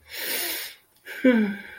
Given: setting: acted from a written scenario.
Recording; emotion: vocal sound without words; contentment